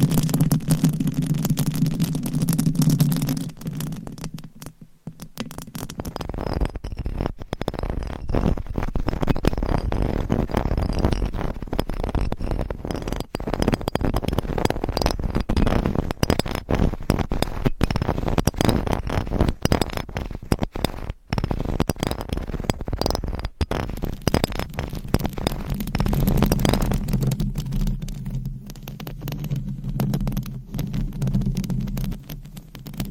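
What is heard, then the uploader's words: Dense scratching on a microphone, crackling steadily across the range, with a low hum underneath at the start and again near the end. ASMR Mic Scratching - Brain Scratching with 15 MICS No Talking for Sleep with Long Nails .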